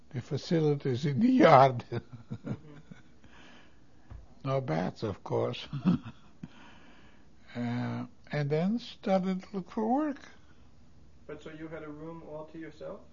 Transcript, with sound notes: facilities in the yard. ( he laughs ) No baths, of course. ( he laughs ) And then started to look for work.
And so you had a room all to yourself?